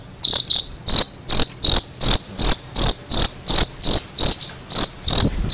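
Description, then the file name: Long-tailed shrike singing a steady series of high, clipped chirps, nearly three each second, with occasional slurred whistles between them. Recording labelled cililinan. "cendet cililinan"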